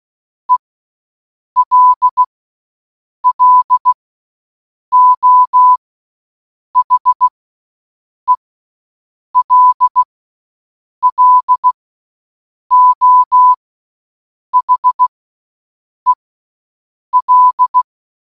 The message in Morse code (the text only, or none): ELLO HELLO HEL